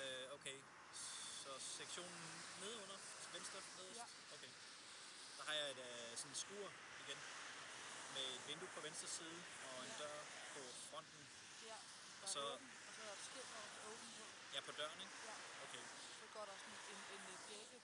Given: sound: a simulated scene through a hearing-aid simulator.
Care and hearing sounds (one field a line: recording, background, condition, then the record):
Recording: conversation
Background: traffic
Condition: 0 dB SNR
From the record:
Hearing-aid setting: standard clinical setting (NAL)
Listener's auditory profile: C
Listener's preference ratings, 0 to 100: 87, 52, 32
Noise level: 75 dB SPL